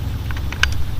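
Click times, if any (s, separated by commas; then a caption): 0.6 s. A headlight bulb assembly with its weather seal, which keeps water out, is started gently into the plastic headlight housing of a 4th gen Z28 Camaro, wiggled into place and pushed until it snaps. Light clicks at 0.3, 0.4 and 0.5 seconds lead to a sharp, much louder snap at 0.6 seconds, then a softer click at 0.7 seconds, over a steady low rumble. The bulb is seated.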